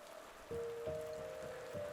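Steady rain falls in a continuous, even hiss, with a sustained low drone humming underneath and a few soft thumps along the way.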